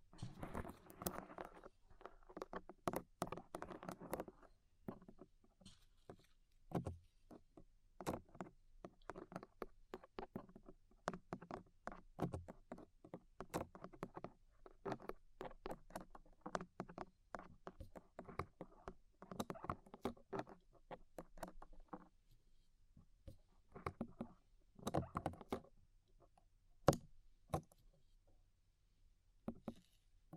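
Ear cleaning with rhinestones and clay being picked away: a steady run of sharp little clicks, scrapes and crackles. The sounds come thick and busy in the first few seconds, then settle into quicker, scattered taps with brief quiet gaps, and a louder snap near twenty-seven seconds.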